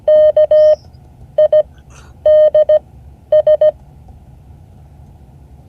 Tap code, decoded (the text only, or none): none